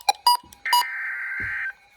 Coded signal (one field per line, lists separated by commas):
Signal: Emergency Alert System (SAME) tones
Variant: header bursts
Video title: Tornado Warning #4 - 10/12/22 (EAS #2,665)